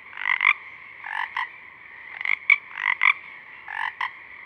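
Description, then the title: Pacific chorus frogs calling, a two-part ribbit repeated in pairs and bursts about every second, over a steady background chorus of more frogs. A few Pacific chorus frogs singing at dusk, recorded through a parabolic reflector. "Pacific Chorus Frogs (Pseudacris regilla), dusk, Parabolic"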